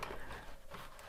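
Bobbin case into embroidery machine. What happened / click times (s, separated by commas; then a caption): The bobbin case is being handled but has not yet clicked into place / none. A bobbin case is handled as it goes back into an embroidery machine, with a brief sharp knock at the very start followed by low, steady handling noise. Nothing has seated or clicked yet.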